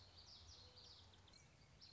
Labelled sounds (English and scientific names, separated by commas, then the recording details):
Common Yellowthroat (Geothlypis trichas)
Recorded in Sonoma County, California